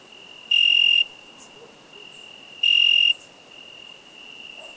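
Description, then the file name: Cricket giving two bright, even, high-pitched trills about two seconds apart, with a quieter steady ringing tone between them. "Cricket insect"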